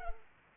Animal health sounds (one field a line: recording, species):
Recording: mosquito wingbeat signal from an infrared sensor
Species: Culex pipiens